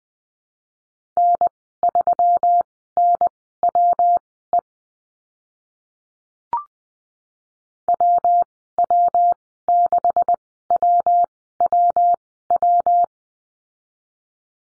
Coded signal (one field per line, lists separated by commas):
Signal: Morse code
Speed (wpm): 20 wpm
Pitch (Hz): 700 Hz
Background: none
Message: N3NWE WW6WWW